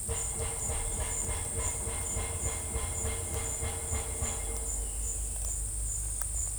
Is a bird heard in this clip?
no